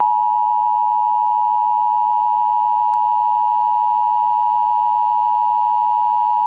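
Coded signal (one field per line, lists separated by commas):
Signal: Emergency Alert System (SAME) tones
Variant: 853 and 960 Hz attention tone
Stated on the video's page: Fictional EAS scenario.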